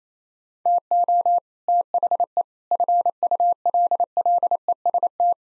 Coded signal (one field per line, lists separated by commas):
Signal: Morse code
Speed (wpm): 28 wpm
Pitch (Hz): 700 Hz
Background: none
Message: TO THE FULLEST